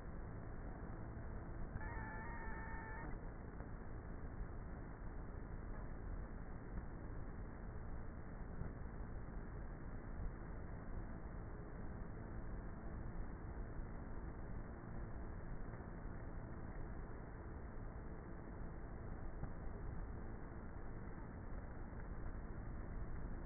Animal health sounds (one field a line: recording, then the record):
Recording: honeybee colony, microphone inside the hive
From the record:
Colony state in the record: queenless with a low population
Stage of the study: before two queens were removed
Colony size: about 30,000 bees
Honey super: no